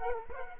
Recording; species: mosquito wingbeat signal from an infrared sensor; Culex quinquefasciatus